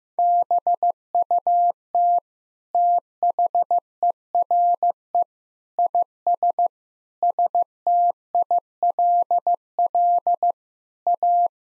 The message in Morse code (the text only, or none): BUT THERE IS STILL A